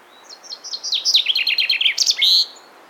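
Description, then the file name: Common chaffinch song, a single phrase of quickening, descending notes building into a rattling trill and closing with a sharp terminal flourish. "Fringilla coelebs"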